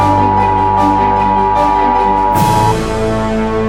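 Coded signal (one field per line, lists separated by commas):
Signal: Emergency Alert System (SAME) tones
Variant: 853 and 960 Hz attention tone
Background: music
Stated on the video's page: Fictional Hopkinsville tornado EAS scenario.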